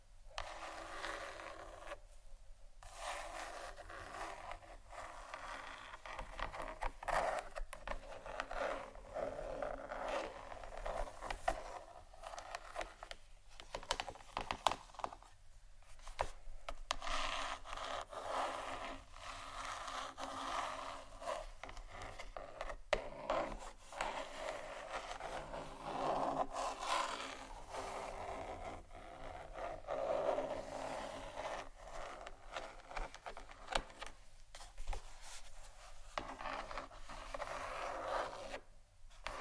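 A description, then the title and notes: Gentle scratching continues almost without pause, dense bursts of dry, rough strokes. The rasping has a wooden, zipper-like grain, with brief near-silent gaps around 2, 13, 16 and 30 seconds. A faint low hum sits underneath throughout. ASMR Gentle Scratching For Sleep（No Talking）.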